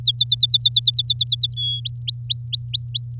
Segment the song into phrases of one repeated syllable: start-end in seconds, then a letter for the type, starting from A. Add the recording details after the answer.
0.01-1.54 A, 1.56-1.80 B, 1.85-3.15 C. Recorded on 7 May 2018 at 15:21. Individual llb16